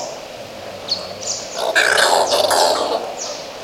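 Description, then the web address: Oilbird uttering a long grating screech of about a second and a half, harsh and noisy, among a few short high downward chirps. "sound Oilbird. صدای-مرغ-روغنی"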